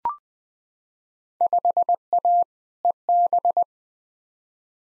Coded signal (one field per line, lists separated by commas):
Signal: Morse code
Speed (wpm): 20 wpm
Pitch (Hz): 700 Hz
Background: none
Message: 5A EB